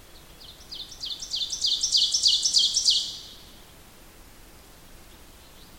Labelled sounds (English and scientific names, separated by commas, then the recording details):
Ovenbird (Seiurus aurocapilla) song
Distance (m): 15 m
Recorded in boreal forest in Alberta, Canada, on 8 June 2016 at 08:36
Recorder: SongMeter 3, array SBT-3-9
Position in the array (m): 166 m, 150 m
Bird 35